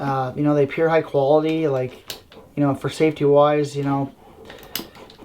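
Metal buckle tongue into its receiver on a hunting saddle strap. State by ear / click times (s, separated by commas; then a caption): seated / 4.8 s. Someone talks, then pushes the metal buckle tongue into its receiver on the leg strap of a hunting saddle. A sharp click lands at 4.8 s, with softer ticks around it. The buckle latches with a solid click and is seated.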